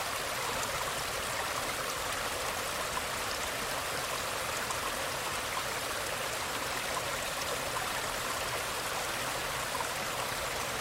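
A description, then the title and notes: A mountain stream rushes steadily and densely, its bright hiss filling the upper range while low tones stay thin, unchanging throughout. Mountain Stream.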